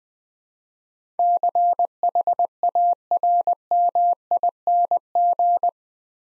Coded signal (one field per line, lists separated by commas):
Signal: Morse code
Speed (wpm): 20 wpm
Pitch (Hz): 700 Hz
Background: none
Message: CHARMING